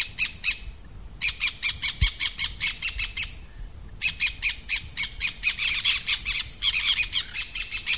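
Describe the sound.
Green-cheeked conure squawking: harsh, raspy high calls in rapid bursts, broken by a pause near one second and another near four seconds.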